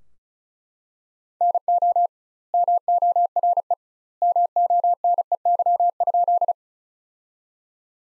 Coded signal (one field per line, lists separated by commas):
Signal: Morse code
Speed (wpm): 36 wpm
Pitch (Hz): 700 Hz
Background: none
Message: NO MORE MONEY?